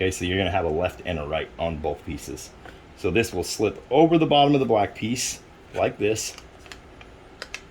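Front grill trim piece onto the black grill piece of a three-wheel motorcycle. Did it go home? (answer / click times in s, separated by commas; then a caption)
yes / 7.4 s, 7.5 s. Someone talks while a plastic front grill trim piece for a Can-Am Ryker three-wheel motorcycle, one of a left and right pair, is slipped over the bottom edge of the black grill piece and pressed on. After a few faint taps, two short, sharp plastic clicks sound at 7.4 and 7.5 seconds as the trim snaps and locks in place.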